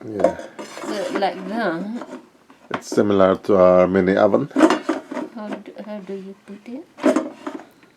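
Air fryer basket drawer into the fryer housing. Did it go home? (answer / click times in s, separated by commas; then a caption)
no / none. An air fryer basket drawer is handled at the fryer housing while someone talks, with a few brief handling knocks around 4.9, 5.5 and 7.5 seconds. The drawer has not yet been pushed home, and nothing has seated or clicked yet.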